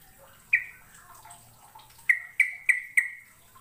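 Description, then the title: Bird chirps: a single bright note, a pause with faint twittering, then four ringing notes spaced evenly in a quick run. "Kicau Burung"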